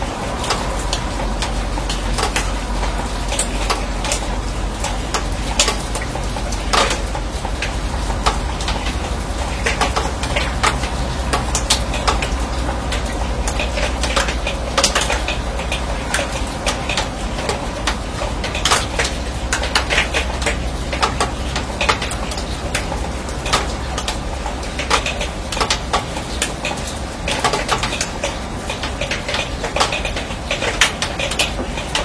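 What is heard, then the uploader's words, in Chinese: Rain falls on a steel roof, a dense, steady patter of drops with sharp metallic ticks scattered throughout. Brighter, louder hits stand out every second or so over a constant low rumble and a faint ringing tone that persist for the whole clip. 乡村晨雨【一小时纯音】- 在迷雾中被雨水唤醒的清晨、倾听远方鸟鸣。雨水滴落在钢铁顶棚。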